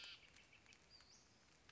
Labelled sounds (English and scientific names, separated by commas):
Western Flycatcher (Empidonax difficilis)